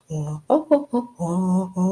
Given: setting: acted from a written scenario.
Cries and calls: vocal sound without words; serenity

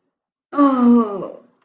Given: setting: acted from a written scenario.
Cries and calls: vocal sound without words; disappointment

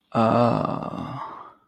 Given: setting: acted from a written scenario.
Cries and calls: vocal sound without words; ecstasy

